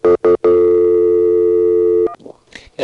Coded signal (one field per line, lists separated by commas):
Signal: telephone call progress tone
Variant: North America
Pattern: dial tone